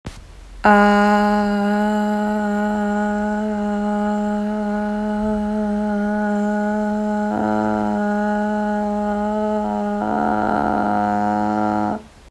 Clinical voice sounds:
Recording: sustained vowel /a/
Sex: female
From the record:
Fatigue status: no fatigue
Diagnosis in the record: COVID-19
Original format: m4a

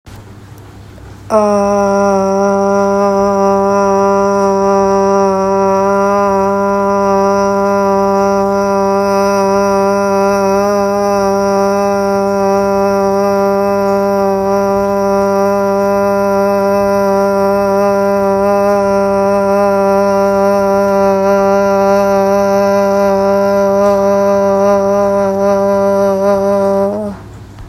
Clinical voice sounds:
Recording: sustained vowel /a/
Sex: female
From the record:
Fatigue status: fatigue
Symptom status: symptomatic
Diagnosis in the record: COVID-19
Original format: m4a

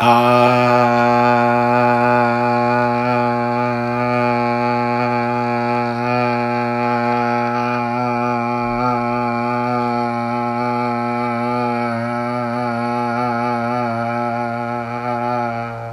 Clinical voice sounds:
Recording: sustained vowel /a/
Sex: male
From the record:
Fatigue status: fatigue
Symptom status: symptomatic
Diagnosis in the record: COVID-19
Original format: m4a

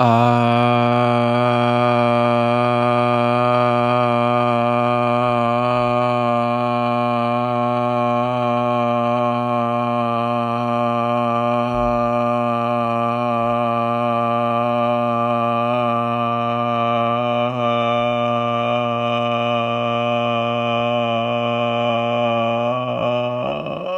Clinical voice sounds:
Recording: sustained vowel /a/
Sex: male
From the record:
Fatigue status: no fatigue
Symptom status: asymptomatic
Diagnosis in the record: COVID-19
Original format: m4a

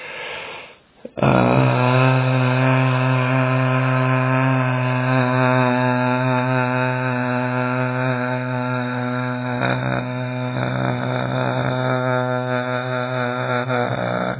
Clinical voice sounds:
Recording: sustained vowel /a/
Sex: male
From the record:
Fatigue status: no fatigue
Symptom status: symptomatic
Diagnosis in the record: COVID-19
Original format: 3gp

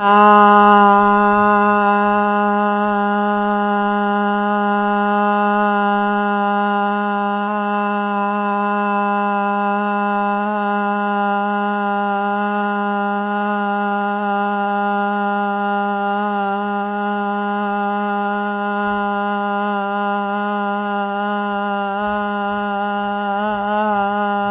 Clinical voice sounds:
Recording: sustained vowel /a/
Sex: female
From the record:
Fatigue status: fatigue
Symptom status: symptomatic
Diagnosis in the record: COVID-19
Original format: 3gp

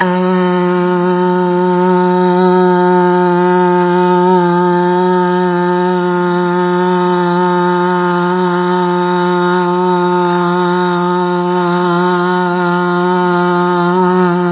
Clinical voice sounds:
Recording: sustained vowel /a/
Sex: female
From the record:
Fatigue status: no fatigue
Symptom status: asymptomatic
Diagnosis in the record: COVID-19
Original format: 3gp

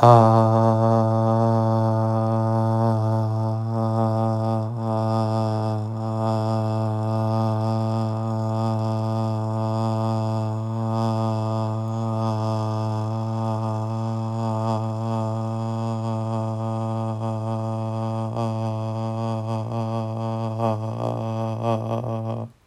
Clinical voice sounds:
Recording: sustained vowel /a/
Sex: male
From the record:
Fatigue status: no fatigue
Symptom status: asymptomatic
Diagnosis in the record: COVID-19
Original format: m4a

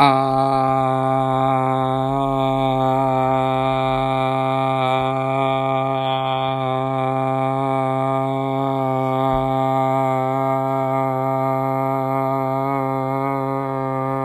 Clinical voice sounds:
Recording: sustained vowel /a/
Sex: male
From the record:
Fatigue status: no fatigue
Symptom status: symptomatic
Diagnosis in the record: COVID-19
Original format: m4a

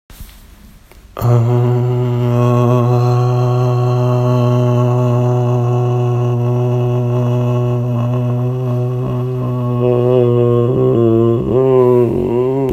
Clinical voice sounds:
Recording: sustained vowel /a/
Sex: male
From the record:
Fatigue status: fatigue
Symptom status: symptomatic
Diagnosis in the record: COVID-19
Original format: m4a

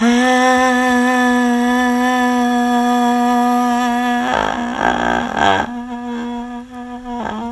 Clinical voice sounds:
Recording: sustained vowel /a/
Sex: female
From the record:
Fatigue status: no fatigue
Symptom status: asymptomatic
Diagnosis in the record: COVID-19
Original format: m4a

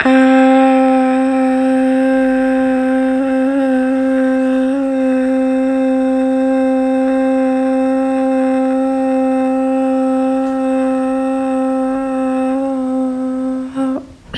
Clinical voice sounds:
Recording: sustained vowel /a/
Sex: female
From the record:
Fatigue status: fatigue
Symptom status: symptomatic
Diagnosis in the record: COVID-19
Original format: m4a

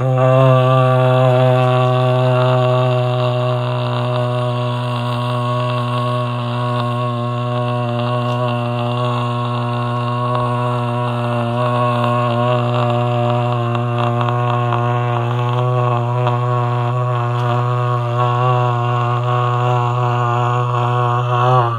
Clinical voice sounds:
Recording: sustained vowel /a/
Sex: male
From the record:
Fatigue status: no fatigue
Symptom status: symptomatic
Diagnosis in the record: COVID-19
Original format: m4a

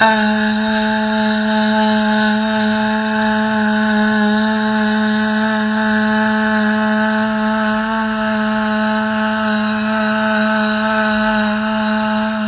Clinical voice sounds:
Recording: sustained vowel /a/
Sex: female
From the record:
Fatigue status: no fatigue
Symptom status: asymptomatic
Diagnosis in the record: COVID-19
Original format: 3gp

